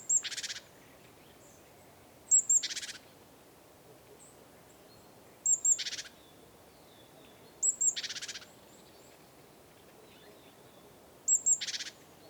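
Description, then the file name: Great tit calling: each phrase is a high, thin note or two and a brief rasping churr, repeated five times at irregular intervals of about two to four seconds. "Parus major"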